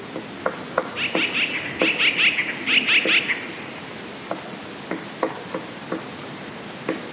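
Eurasian blue tit calling in a few quick bursts of buzzy, high notes over about two seconds, then sporadic sharp ticks and knocks over steady hiss.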